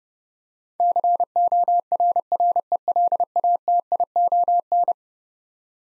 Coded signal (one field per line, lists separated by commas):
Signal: Morse code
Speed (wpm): 32 wpm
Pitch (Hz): 700 Hz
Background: none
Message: CORRELATION